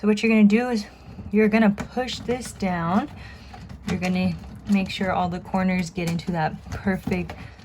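Someone talks while pushing the bottom panel of a clear plastic stackable shoe box down into the side walls, working to get all the corners into place. Only the voice and faint handling are heard, and nothing has clicked or seated yet.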